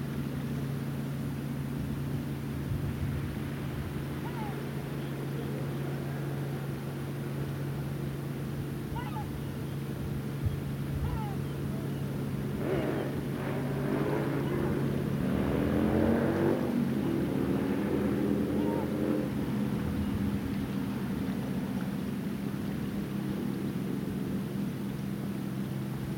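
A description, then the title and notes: A tractor drones steadily and low throughout, while brief gull calls break in now and then, with a busier, louder stretch of calls midway. A Gower headland while gulls call above and a tractor gathers hay. Listen to gulls as you sit on a headland overlooking the sea on the south Gower coast. Nearby a tractor bales hay as the last rays of afternoon sun light the fields.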